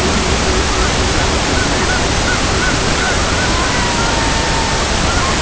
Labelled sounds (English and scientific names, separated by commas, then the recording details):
Pectoral Sandpiper (Calidris melanotos), unidentified sound, Red-throated Loon (Gavia stellata)
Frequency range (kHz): Pectoral Sandpiper (Calidris melanotos) 0.2-0.7 kHz; Red-throated Loon (Gavia stellata) 0.7-2.3 kHz
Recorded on Arctic tundra, site CORI-1, on 16 June 2018
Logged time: 06:00